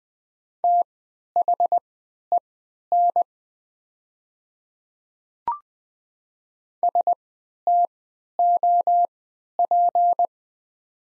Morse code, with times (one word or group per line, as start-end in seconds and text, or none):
0.6-3.2 THEN
6.8-10.3 STOP